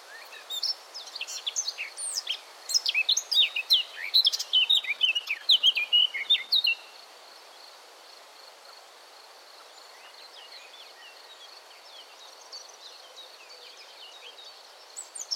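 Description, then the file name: Eurasian blackcap singing a hurried, jumbled warble of chirps and whistled slurs for over six seconds, followed by near silence with a faint continuous high tone. "Sylvia atricapilla"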